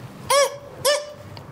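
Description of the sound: Man imitating his own cough: two barking coughs with a high squeal, the way he coughed and his voice sounded while ill with an inflamed throat.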